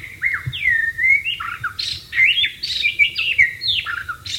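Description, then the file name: White-rumped shama singing long sweeping whistles mixed with quick chirps and slurred notes, the phrases flowing almost without break. "suara burung murai batu di alam liar"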